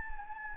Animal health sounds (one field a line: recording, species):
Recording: mosquito wingbeat signal from an infrared sensor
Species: Anopheles gambiae